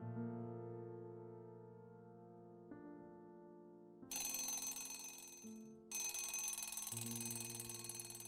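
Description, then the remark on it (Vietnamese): An alarm clock goes off: a steady electronic droning tone gives way to loud, harsh, buzzing ringing in two long bursts separated by a short gap, with no voices. “Tiếng chuông báo thức khủng khiếp ấy lại vang lên.”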